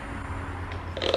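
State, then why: Not seated. A new oil filter element is being handled into its plastic housing cap during an oil change on a 2017 APR Stage 2 VW GTI. A steady low hum runs under brief handling noise, with two sharp knocks at about 1.1 and 1.2 seconds. Nothing has seated or clicked yet.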